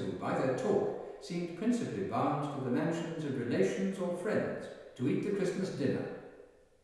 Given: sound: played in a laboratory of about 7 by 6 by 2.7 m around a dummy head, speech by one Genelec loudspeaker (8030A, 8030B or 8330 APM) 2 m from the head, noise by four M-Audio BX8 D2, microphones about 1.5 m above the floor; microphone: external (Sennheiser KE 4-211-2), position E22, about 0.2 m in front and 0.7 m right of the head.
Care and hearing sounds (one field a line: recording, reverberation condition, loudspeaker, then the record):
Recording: male speech in English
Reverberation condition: high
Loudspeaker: 120 degrees to the left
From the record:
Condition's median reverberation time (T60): about 1300 ms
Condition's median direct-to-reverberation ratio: about -4.0 dB